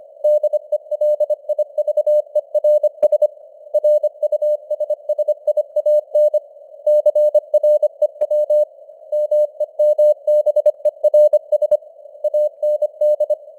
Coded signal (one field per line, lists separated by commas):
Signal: Morse code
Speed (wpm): 25 wpm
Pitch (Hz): 600 Hz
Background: none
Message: DELIVERS RUSSIAN CREW MEMBERS AND